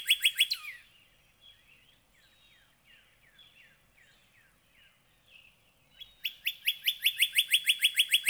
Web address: birdsongforthecurious songs Northern Cardinal